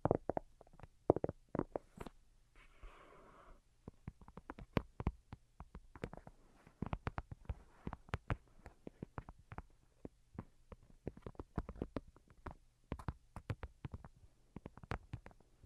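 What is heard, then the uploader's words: Light, irregular fingertip tapping in quick sharp clicks, steady throughout, with a soft rustling patch near three seconds over a faint low hum. Most Delicate and Calming Tapping. (No Talking).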